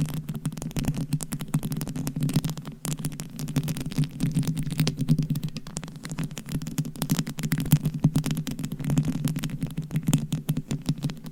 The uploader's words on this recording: ASMR Tingly Gentle Tapping & Scratching. No Talking.